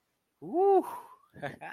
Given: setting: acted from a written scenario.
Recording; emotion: vocal sound without words; triumph